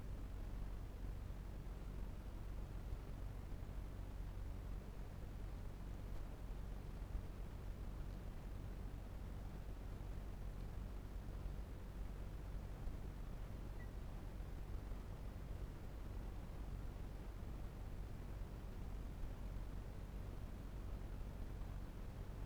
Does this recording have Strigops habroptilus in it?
no